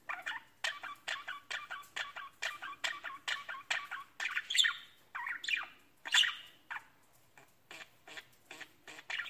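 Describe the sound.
Budgerigar chirps: a run of short clicky, buzzy notes, a couple of louder squawks midway, then quieter ticking.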